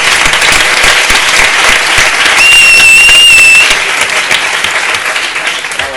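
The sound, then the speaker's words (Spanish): A steady burst of loud crowd applause, dense and continuous throughout, with a sharp, high-pitched whistle cutting through for about a second midway. “¡Aplauso!”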